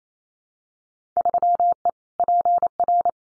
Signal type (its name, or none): Morse code